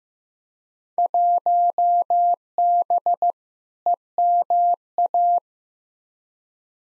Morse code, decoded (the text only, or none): 1B EMA